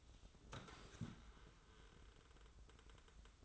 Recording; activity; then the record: daily activity, microphone in the room; sit down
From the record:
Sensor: 3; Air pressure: 994.4 hPa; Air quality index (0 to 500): 199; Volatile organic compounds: 1000 ppm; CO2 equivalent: 6599 ppm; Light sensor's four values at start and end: 188/448/190/192 and 124/290/120/114